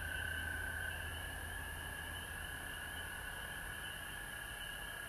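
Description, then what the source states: Chorusing frogs give a continuous high trill, fuller at the start, with a soft low hum running beneath. Recorded at home in Georgia on March 19, 2020.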